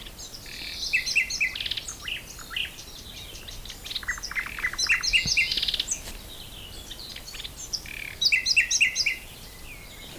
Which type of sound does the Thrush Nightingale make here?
song